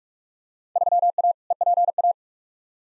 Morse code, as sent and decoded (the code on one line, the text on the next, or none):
...-- .- / . .--. .-
3A EPA